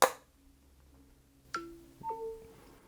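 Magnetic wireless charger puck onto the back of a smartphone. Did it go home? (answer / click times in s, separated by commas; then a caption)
yes / 0.0 s. An Apple MagSafe magnetic wireless charging puck is placed on the back of an iPhone 12 and snaps into place with a short, sharp click at 0.0 s. A softer ringing tone follows at about 1.6 s, then a brief two-note chime around 2.0–2.5 s, likely the charging chime. The puck is seated, and the sound signals that the iPhone is charging.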